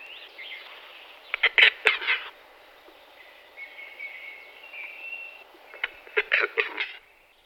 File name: tetřev-hlušec